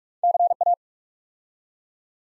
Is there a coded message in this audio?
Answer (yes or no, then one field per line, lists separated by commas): yes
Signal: Morse code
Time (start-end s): 0.2-0.7 s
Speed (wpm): 44 wpm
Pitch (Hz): 700 Hz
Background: none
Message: CA